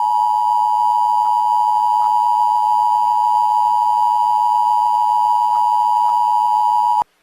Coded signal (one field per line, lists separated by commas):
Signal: Emergency Alert System (SAME) tones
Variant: 853 and 960 Hz attention tone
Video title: EAS Scenario: Ancient Evil